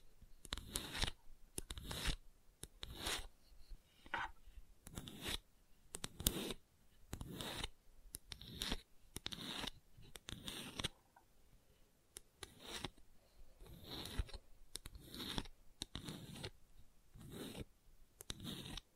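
Gentle scratching comes in short, bright strokes about twice a second, with brief quiet gaps, including a longer pause near eleven seconds.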